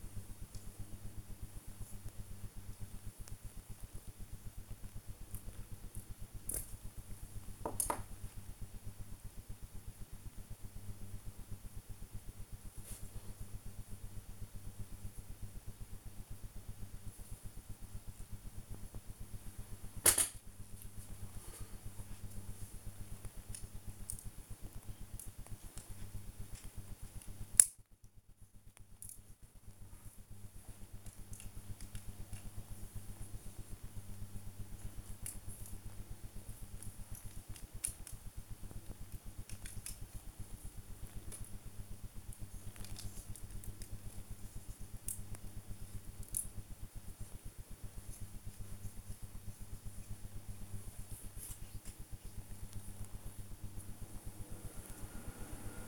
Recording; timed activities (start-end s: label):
household activities, microphone on the right wrist
0.00-55.88 s: build with lego